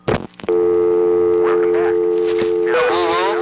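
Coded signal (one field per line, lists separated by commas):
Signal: telephone call progress tone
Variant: North America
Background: speech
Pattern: dial tone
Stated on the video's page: Mechanical tones of New York area test lines, 1971–77.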